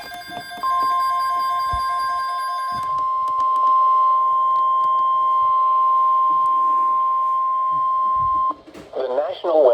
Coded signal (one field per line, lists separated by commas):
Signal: Emergency Alert System (SAME) tones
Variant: 1050 Hz attention tone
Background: speech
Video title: SPC Severe Thunderstorm Watch 532 (EAS 83)